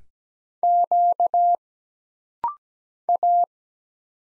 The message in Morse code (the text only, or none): Q A